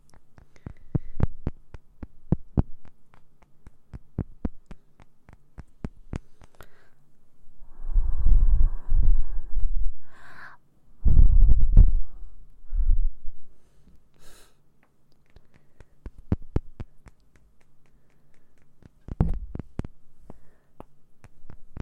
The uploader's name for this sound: ASMR Mouth Sounds Ear Cleaning